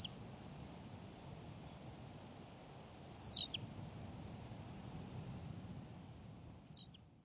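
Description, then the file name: Tawny pipit: a short, high chirped phrase midway, then a fainter one near the end, over low background noise. "Pipit rousseline Anthus campestris"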